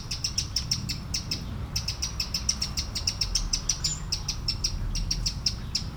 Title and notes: Aveize, France - Merle - Blackbird. 20170712-Merle et ruisseau. Bord de ruisseau, un merle, quelques mouches, des avions au loin. Near a small river, a blackbird, a few flies, planes in the distance